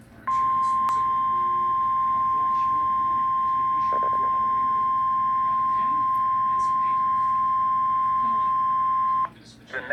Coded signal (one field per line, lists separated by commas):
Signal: Emergency Alert System (SAME) tones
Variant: 1050 Hz attention tone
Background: speech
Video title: EAS Flash Flood Warning (8/28/20)